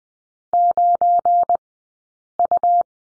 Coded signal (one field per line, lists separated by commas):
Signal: Morse code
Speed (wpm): 20 wpm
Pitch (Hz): 700 Hz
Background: none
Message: 9U